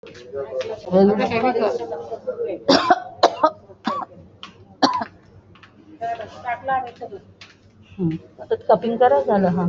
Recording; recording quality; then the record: heavy voluntary cough; moderate, slight background noise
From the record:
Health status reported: exposed to COVID-19, no respiratory illness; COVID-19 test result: negative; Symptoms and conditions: none ticked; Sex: female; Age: 52 years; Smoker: not ticked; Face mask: worn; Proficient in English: yes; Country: India